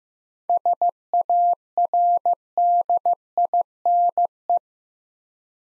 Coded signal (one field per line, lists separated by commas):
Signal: Morse code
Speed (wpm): 15 wpm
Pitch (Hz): 700 Hz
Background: none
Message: SARDINE